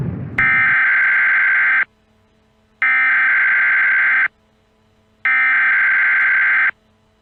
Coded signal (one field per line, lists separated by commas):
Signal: Emergency Alert System (SAME) tones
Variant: header bursts